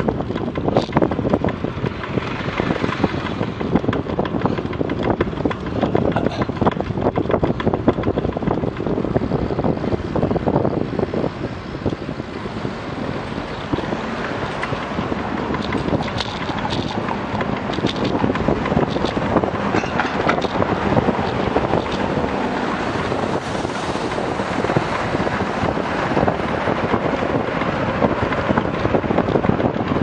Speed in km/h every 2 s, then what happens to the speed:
22, 24, 25, 25, 22, 18, 21, 22, 25, 27, 27, 27, 27, 27, 27.
0-6 steady at about 24. 6-11 slows to 18. 11-17 speeds up to 27. 17-30 steady at about 27.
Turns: none.